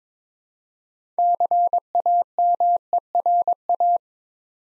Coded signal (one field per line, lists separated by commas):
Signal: Morse code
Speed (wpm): 22 wpm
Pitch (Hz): 700 Hz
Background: none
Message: CAMERA